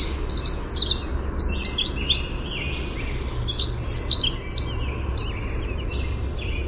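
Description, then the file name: Winter wren song pouring out as a long, unbroken cascade of sharp, high notes and rattling trills, steady and hurried throughout. "WIWR song"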